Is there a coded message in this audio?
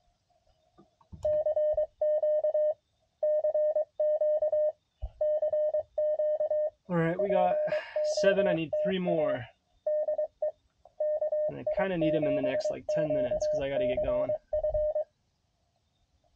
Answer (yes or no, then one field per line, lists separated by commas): yes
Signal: Morse code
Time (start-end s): 1.3-15.0 s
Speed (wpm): 23 wpm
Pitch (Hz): 610 Hz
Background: speech, radio noise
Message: CQ CQ CQ POTA DE KI7QCF